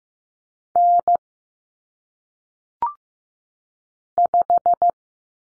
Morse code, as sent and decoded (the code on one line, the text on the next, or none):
-. / .....
N 5